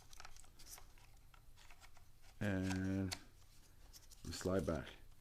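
A Traxxas Aton 2-axis camera gimbal is slid back along the grooves under the quadcopter toward the plastic hooks its teeth must catch, since a gimbal that is not fully hooked can fall off in flight. Light handling ticks and rustles are heard near the start, at about 0.1, 0.2, 0.3, 0.4, 1.3 and 1.7 seconds, while someone talks. The clip ends before the gimbal goes home, so nothing has seated or clicked yet.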